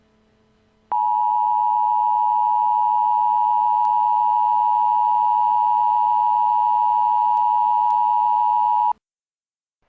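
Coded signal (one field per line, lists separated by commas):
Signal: Emergency Alert System (SAME) tones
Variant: 853 and 960 Hz attention tone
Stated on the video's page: Recreated EAS alert imagining how events in the 1998 film Deep Impact might be broadcast.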